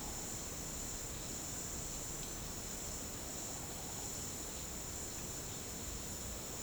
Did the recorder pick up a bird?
no